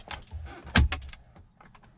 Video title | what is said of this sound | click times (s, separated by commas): 2012 Ram 1500 Linkswell IQ Head Unit Install. Enabled Data Sim & SXM Antenna As GPS. @LinksWellInc | So you heard those nice satisfying snaps. | 0.8 s, 0.9 s